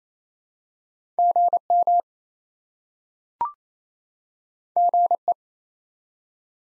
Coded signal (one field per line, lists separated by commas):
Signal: Morse code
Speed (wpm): 28 wpm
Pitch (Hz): 700 Hz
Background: none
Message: GM GE